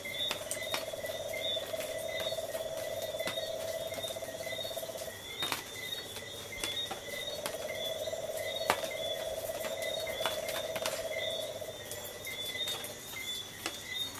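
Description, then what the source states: Insect chorus with a pulsing trill in two long bouts, over high repeated chirps and frequent clicks. Coastal soundscape.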